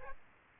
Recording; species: mosquito wingbeat signal from an infrared sensor; Aedes aegypti